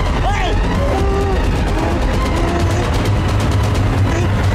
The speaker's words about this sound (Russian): Погрузчик поднимает вилы, трогается, быстро едет к автомобилю, в котором сидит Михаил.